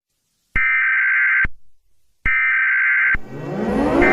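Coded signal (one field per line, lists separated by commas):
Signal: Emergency Alert System (SAME) tones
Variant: header bursts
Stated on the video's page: Fictional EAS scenario about dinosaurs, not a real alert.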